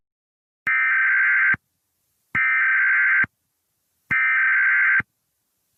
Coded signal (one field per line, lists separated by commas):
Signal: Emergency Alert System (SAME) tones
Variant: header bursts